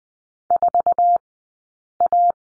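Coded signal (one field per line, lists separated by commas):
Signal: Morse code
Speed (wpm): 20 wpm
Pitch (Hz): 700 Hz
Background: none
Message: 4A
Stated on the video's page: Morse code course lesson on the number 4, Farnsworth speed 20/10 wpm.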